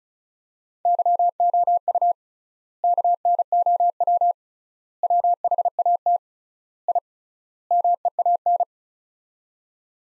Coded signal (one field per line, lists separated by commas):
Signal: Morse code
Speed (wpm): 36 wpm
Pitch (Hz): 700 Hz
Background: none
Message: YOU KNOW WHAT I MEAN